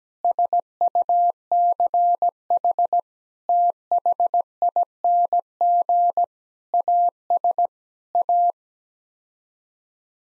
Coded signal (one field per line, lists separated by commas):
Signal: Morse code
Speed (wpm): 17 wpm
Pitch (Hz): 700 Hz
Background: none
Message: SUCH THING AS A